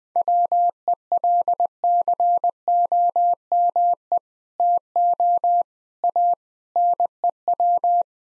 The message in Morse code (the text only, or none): WELCOME TO A NEW